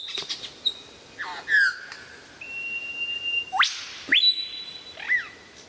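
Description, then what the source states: Lyrebird song mixing short whistles and a level tone with steep rising sweeps and a falling slur. Song variations.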